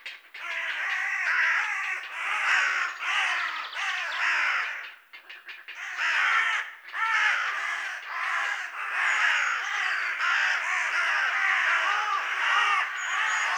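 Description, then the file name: Carrion crow cawing almost without pause, rough arching calls overlapping in a dense chorus that suggests several birds, with a brief lull midway. "Corvus corone"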